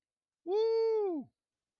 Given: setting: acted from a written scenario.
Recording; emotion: vocal sound without words; triumph